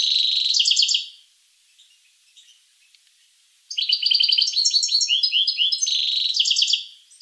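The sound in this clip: Finch song, a short high trill, about two and a half seconds of near silence, then a long bubbling warble of trills and slurred notes.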